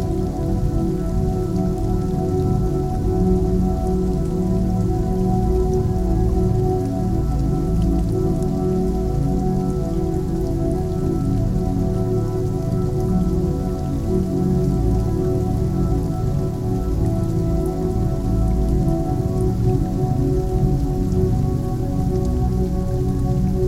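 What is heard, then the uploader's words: Rain falls steadily and densely throughout, a constant patter with a heavy low rumble and faint scattered brighter drops above it. Nature Raining Sounds.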